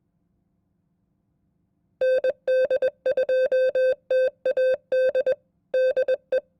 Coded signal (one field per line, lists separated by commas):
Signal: Morse code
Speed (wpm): 21 wpm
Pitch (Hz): 520 Hz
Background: none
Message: ND2TAD DE